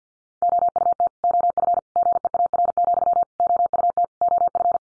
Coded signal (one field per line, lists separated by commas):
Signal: Morse code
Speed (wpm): 50 wpm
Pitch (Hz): 700 Hz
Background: none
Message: OUT OF GEAR, OUT OF